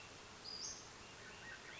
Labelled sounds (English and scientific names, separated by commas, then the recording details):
Western Flycatcher (Empidonax difficilis)
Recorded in Sonoma County, California